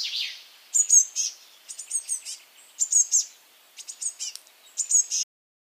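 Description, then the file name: Eurasian blue tit making high chirps and short buzzy churrs in clustered bursts, then falling silent near the end. "Cyanistes caeruleus"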